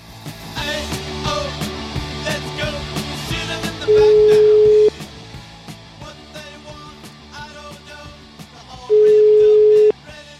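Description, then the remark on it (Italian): A telephone ringback tone sounds twice while a call is placed, each a steady mid-pitched one-second beep with a long gap between, loud over a busy music bed with percussion. “Speriamo che risponda al telefono come al solito.”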